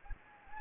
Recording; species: mosquito wingbeat signal from an infrared sensor; Anopheles gambiae